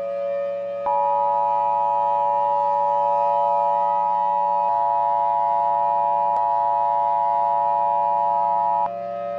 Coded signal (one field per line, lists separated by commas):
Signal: Emergency Alert System (SAME) tones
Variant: 853 and 960 Hz attention tone